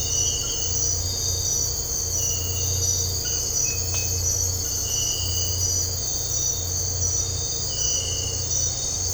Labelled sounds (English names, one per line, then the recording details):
none
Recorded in dense forest near Puerto Asís, Putumayo, Colombia, on 9 March 2025 at 03:00
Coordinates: 0.468, -76.322
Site GP01